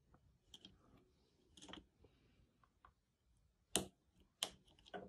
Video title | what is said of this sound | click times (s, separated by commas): Raspberry Pi Magic Mirror Smart Display | so you should see that there must be two clicks and here it is now secured so | 3.8 s, 4.4 s